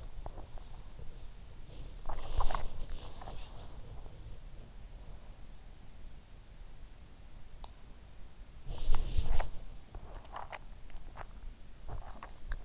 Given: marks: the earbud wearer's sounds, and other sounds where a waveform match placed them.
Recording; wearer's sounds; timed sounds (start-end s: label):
sounds in sleep by an in-ear microphone; body movement, breath, swallowing
0.00-4.43 s: body movement
1.79-3.15 s: breath
8.74-9.72 s: body movement
9.76-12.65 s: swallowing